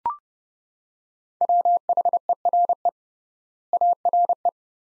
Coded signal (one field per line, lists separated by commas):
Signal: Morse code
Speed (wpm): 30 wpm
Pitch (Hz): 700 Hz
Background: none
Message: WHERE ARE